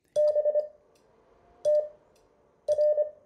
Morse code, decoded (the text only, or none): BTR